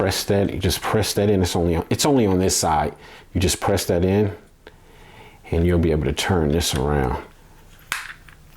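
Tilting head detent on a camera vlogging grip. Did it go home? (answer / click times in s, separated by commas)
yes / 7.9 s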